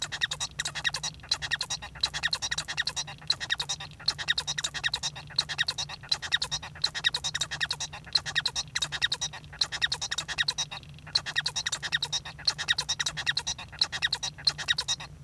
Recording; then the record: song of a male Bengalese finch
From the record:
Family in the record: son of father 1